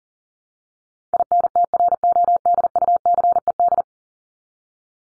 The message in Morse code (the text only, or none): INTRODUCED